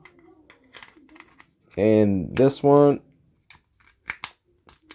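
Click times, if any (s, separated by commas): 4.1 s, 4.2 s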